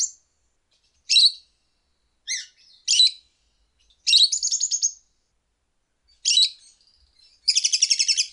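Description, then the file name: Lovebird calls: harsh, high chirps and screeches in irregular bursts, some stuttered into rapid buzzy trills, with quiet gaps between. "suara call lovebird"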